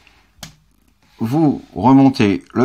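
A sharp plastic snap at 0.4 s as the second leg clip of a plastic Transformers Studio Series 06 Starscream transforming robot figure is unclipped during its transformation, just as the first leg was. The leg part comes free, and someone then talks.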